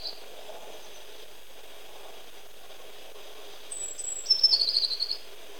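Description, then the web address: Tit call: one high, thin whistle leading into a rapid, buzzy trill of repeated notes near the end, otherwise quiet. Portugal. "Aves de Portugal Sons Chapim"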